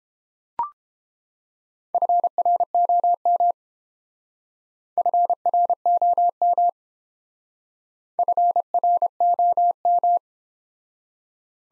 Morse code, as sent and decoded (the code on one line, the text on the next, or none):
..-. .-. --- -- / ..-. .-. --- -- / ..-. .-. --- --
FROM FROM FROM